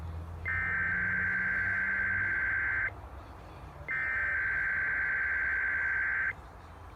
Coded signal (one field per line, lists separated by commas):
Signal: Emergency Alert System (SAME) tones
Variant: header bursts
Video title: KWCA’s RWT (EAS #2686)